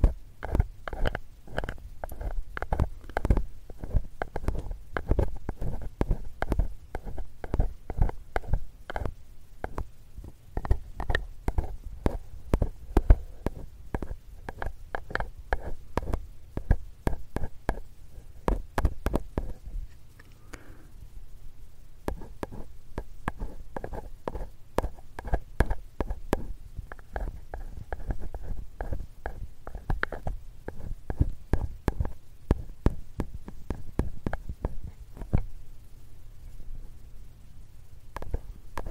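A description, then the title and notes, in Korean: A metal ear pick cleaning an ear, with rapid crackling scrapes and clicks over a muffled, low rumbling bed. The scratching is dense and irregular throughout, easing briefly around twenty seconds before picking up again in quick bursts. ASMR 편안한 쇠 귀이개 귀청소 시간.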